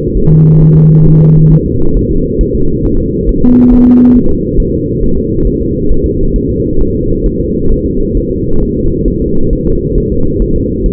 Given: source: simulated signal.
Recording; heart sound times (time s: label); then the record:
fetal heart sounds
0.17 s: S1
0.32 s: S2
0.62 s: S1
0.77 s: S2
1.07 s: S1
1.21 s: S2
1.52 s: S1
1.66 s: S2
1.97 s: S1
2.11 s: S2
2.41 s: S1
2.55 s: S2
2.85 s: S1
2.99 s: S2
3.29 s: S1
3.43 s: S2
3.73 s: S1
3.87 s: S2
4.16 s: S1
4.31 s: S2
4.60 s: S1
4.74 s: S2
5.03 s: S1
5.18 s: S2
5.47 s: S1
5.61 s: S2
5.92 s: S1
6.06 s: S2
6.36 s: S1
6.50 s: S2
6.81 s: S1
6.95 s: S2
7.26 s: S1
7.41 s: S2
7.72 s: S1
7.86 s: S2
8.17 s: S1
8.31 s: S2
8.63 s: S1
8.77 s: S2
9.08 s: S1
9.22 s: S2
9.53 s: S1
9.67 s: S2
9.98 s: S1
10.12 s: S2
10.42 s: S1
10.56 s: S2
10.86 s: S1
From the record:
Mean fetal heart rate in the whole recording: 135 bpm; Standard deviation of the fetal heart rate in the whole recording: 3 bpm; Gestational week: 36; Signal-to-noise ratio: -17.7 dB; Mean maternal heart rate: 72 bpm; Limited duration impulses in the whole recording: present